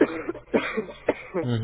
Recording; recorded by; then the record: voluntary cough; telephone call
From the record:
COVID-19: positive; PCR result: checked with the laboratory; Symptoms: yes